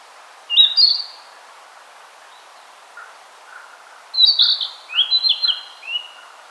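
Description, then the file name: Narcissus flycatcher song: two bursts of sliding whistled notes separated by a pause, with quiet lower chirping in the background. "Ficedula narcissina"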